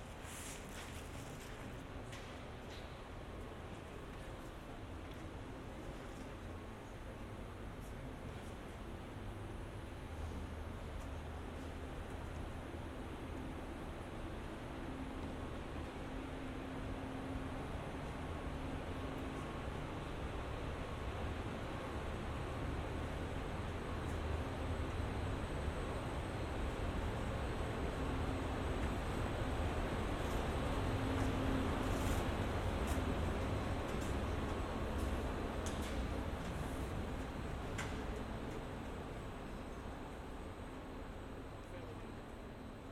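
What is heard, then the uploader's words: Inside the CERN control centre, a dense, steady room hum fills the space, with a heavy low rumble and faint murmuring voices beneath. The level swells slowly toward the middle and eases off near the end, with scattered small clicks and ticks throughout. Binaural production. Binaural soundscapes recorded at different locations at CERN, the European Center for Nuclear Research. The CERN Control Centre (CCC), where all accelerators and detectors are monitored.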